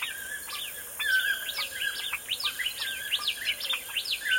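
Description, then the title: Birdsong, a rapid run of sweeping chirps and whistles from overlapping birds, lively and continuous for the whole stretch. Morning birdsong in a forest. "Звуки птиц в лесу. Morning birdsong in the forest"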